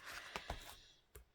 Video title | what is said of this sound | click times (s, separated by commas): Creating a Recipe Keeper Journal Cover from 12x12 Carta Bella papers #junkjournal | and I tried to hide them as best I could but you can hear them you hear it clicking | 0.4 s, 0.5 s